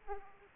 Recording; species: mosquito wingbeat signal from an infrared sensor; Aedes aegypti